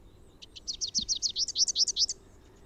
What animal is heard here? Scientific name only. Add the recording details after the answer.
Basileuterus rufifrons. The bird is a male. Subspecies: rufifrons. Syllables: 20. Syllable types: 5. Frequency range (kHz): 2.9-7.7 kHz. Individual YA-SON-M